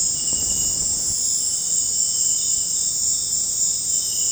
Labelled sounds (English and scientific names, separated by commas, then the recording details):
none
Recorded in dense forest near Puerto Asís, Putumayo, Colombia, on 26 December 2024 at 21:00
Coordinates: 0.481, -76.323
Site G100